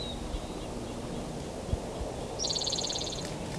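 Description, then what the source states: Spotted Towhee song: one quick, harsh buzzy trill lasting under a second, with a faint thin whistle earlier and steady low background noise. Fourth counted song of the day's first spotted towhee, sung from low in a manzanita, Stanislaus National Forest, 5 May 2018.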